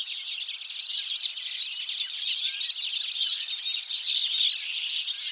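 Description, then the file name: European goldfinch song: a rapid tinkling stream of high chirps and short trills, steady and without pauses. "Carduelis carduelis"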